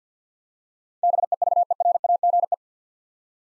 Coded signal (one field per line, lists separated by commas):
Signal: Morse code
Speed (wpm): 50 wpm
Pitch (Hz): 700 Hz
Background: none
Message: BEVERAGE